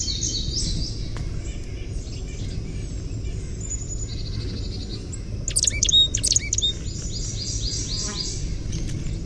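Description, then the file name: Carolina chickadee giving a gargle call: a sudden burst of jumbled, very high notes midway, followed by a trailing series of fast chips, with constant low background noise. "CACH chickadee gargle"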